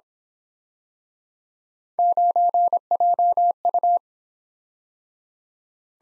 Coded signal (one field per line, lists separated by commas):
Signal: Morse code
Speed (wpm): 27 wpm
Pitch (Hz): 700 Hz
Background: none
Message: 9JU